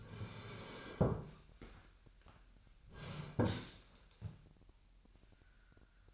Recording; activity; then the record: daily activity, microphone in the room; sit down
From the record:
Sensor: 2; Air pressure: 998.4 hPa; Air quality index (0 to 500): 127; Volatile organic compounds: 3 ppm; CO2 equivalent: 1442 ppm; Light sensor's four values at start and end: 6/13/5/6 and 6/15/6/7